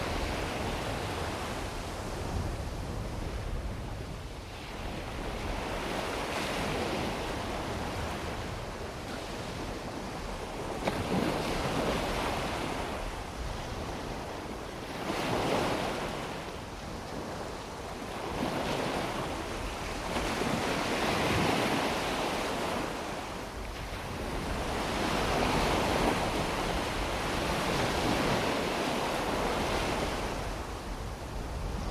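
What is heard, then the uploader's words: Waves wash in continuously, a dense rushing roar that swells and ebbs every few seconds, with brighter surges around 15, 21 and 26 seconds. Waves and water soundscape, Music for Sleep.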